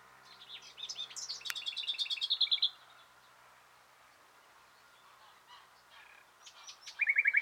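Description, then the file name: Common nightingale song: a series of rapid repeated notes, a long pause, then another fast rattling phrase. "Luscinia megarhynchos"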